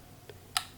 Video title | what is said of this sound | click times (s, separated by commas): MILWAUKEE M18 FUEL 2723-20 COMPACT ROUTER | dia terkunci ada bunyi klik kita | 0.6 s